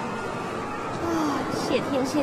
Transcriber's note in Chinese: sighs